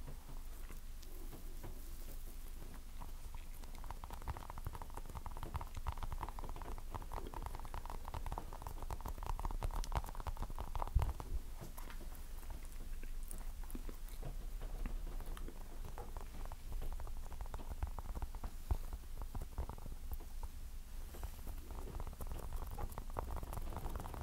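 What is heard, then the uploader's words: Dense tapping and scratching runs steadily through the whole clip, a fine patter of quick, irregular clicks that resembles rain on a surface. A low rumble sits underneath, and one sharper, louder tap stands out around eleven seconds. Tapping & Scratching.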